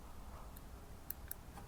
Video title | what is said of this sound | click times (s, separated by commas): Hidden Camera AC Adapter - Setup & Features | don't push it until it clicks so I'll be real quiet here and we might be able to hear it just like | 1.1 s, 1.3 s